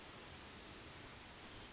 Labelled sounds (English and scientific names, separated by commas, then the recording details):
California Towhee (Melozone crissalis)
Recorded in Sonoma County, California